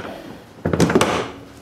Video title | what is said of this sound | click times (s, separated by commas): 2010 Hobie Oasis Kayak Walk Around and Modifications | snap into place and away you go okay | 1.0 s